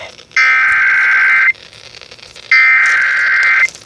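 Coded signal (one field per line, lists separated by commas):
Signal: Emergency Alert System (SAME) tones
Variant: header bursts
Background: speech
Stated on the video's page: Severe thunderstorm warning received on AM and FM radio.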